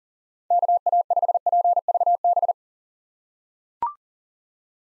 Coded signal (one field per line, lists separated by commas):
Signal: Morse code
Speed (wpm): 38 wpm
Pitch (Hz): 700 Hz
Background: none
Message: KA5PVB